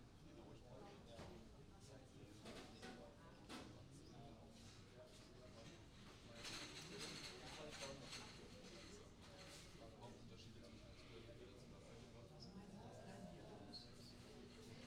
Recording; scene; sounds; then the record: everyday scene through a hearing-aid microphone; many people talking; many voices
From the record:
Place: university cafeteria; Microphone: in the ear canal, right